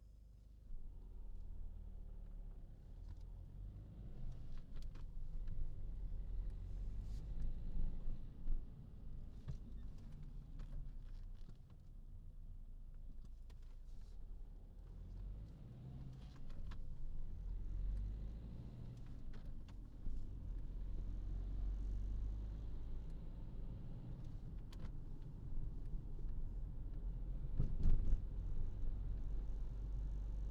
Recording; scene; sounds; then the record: everyday scene through a hearing-aid microphone; in a vehicle; engine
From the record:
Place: Berlingo II, diesel engine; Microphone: in the ear canal, left